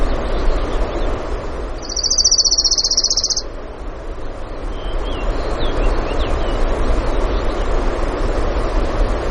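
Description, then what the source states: Orange-crowned warbler song: one fast, even trill of high notes lasting about a second and a half, over a steady rushing background, with a few faint thin notes from other birds afterwards. Denali, Alaska; 16 June 2016, 05:32, early morning.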